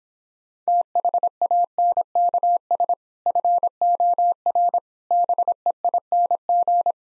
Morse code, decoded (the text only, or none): THANKS FOR BEING